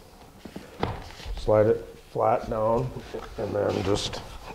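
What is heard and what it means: A vinyl floor plank is being handled, with its click-lock edge to go into the adjoining plank by sliding it in, laying it flat, pushing until it locks, then tapping it down. Someone talks throughout, with a few faint knocks and a sharper tap at 0.8 s. Nothing has seated or clicked yet.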